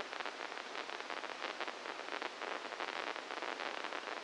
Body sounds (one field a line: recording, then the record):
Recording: brain microelectrode recording played as sound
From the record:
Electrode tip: inside the subthalamic nucleus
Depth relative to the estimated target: -1 mm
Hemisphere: left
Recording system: NeuroSet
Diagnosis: Parkinson's disease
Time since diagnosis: 12 years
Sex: male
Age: 61 years